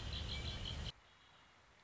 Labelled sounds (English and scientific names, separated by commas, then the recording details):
Red-winged Blackbird (Agelaius phoeniceus)
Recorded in Sonoma County, California